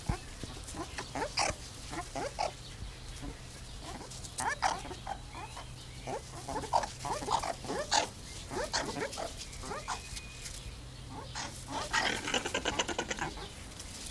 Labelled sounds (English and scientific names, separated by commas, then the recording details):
Banded Mongoose (Mungos mungo) call
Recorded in captivity
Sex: group
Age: adult
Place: Zoo Halle, Sachsen-Anhalt, DE
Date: 2002-06-17 16:12
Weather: sunny, 27°C
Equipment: Nagra SN, Kopie Uher 4000 Report Monitor
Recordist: Tembrock, Günter